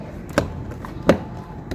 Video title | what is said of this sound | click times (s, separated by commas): How to replace side mirror assembly on Kia Sportage | Then snap the grab handle cover back into place. | 0.4 s, 1.1 s